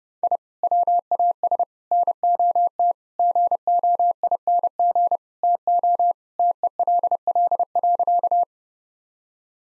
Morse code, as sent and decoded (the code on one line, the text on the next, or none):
.. / .-- .- ... / -. --- - / --. --- .. -. --. / - --- / - . .-.. .-.. .-.-.-
I WAS NOT GOING TO TELL.